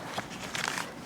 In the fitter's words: And that will hold this in place, so don't skip that step. And you can hear it click. I mean, it's a noticeable thing.